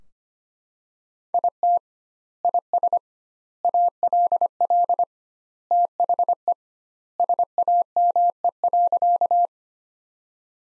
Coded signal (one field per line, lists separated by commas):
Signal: Morse code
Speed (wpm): 25 wpm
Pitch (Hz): 700 Hz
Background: none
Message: IT IS ALL THE SAME.